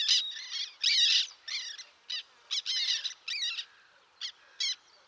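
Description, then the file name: Black tern calls, scratchy and grating, a dense burst early on, then separated sharp notes spaced unevenly toward the end. "rybitwaczarna"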